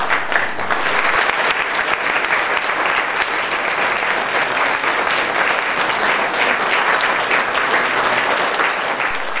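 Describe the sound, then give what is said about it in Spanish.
Sustained applause from a crowd, a dense, even wash of many hands clapping at once that holds steady at a fairly loud level for about nine seconds without pausing. “Cuídate de los aplausos.”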